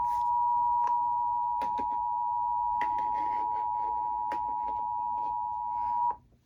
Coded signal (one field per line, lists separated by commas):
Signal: Emergency Alert System (SAME) tones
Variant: 853 and 960 Hz attention tone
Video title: After Work Storms... EAS Alerts from April 15, 2021 (EAS #989-999)